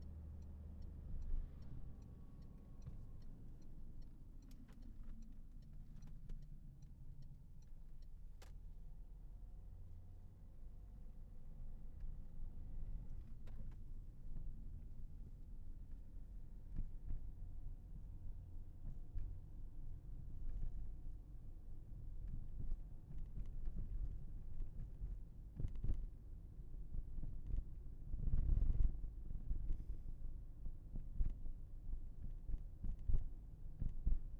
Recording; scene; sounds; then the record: everyday scene through a hearing-aid microphone; in a vehicle; engine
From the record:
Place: Berlingo II, diesel engine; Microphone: behind the ear, left, front